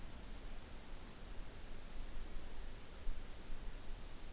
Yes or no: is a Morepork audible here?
no